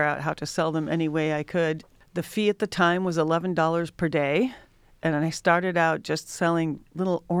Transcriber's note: none